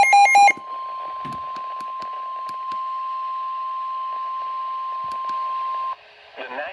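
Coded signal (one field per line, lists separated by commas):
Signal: Emergency Alert System (SAME) tones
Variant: 1050 Hz attention tone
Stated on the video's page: Weather radio severe thunderstorm warning caught off the air.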